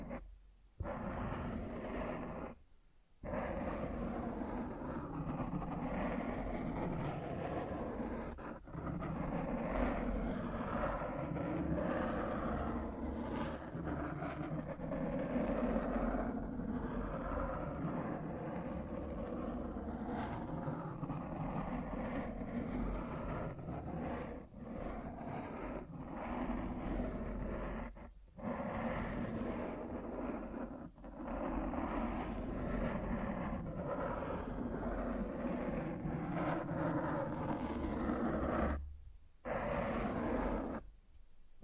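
Microphone scratching fills the recording as a dense, continuous rubbing and rumbling noise, heavy in the lows with a rough rustle above. The texture churns unevenly, and it cuts out abruptly to near silence several times, around 1, 3, 28, 39 and 41 seconds.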